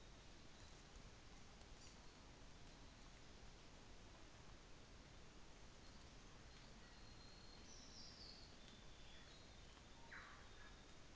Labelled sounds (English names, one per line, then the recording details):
New Zealand Fantail
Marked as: faintness 4/5
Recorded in New Zealand on 24 December 2018
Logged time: 11:00